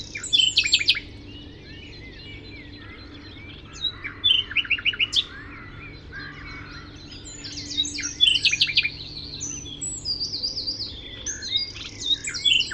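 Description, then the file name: Common nightingale song: bursts of high, rapid repeated notes and short trills in separate phrases, with a steady low hum underneath. "Luscinia megarhynchos"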